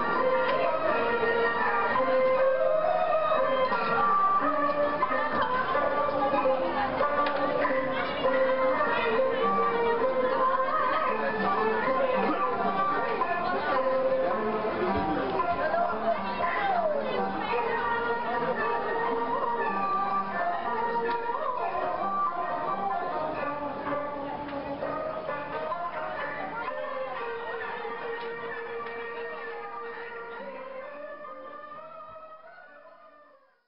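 A woman sings a classical Chinese song over a busy street market, her voice steady and prominent above constant crowd chatter, fading near the end.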